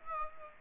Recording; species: mosquito wingbeat signal from an infrared sensor; Aedes aegypti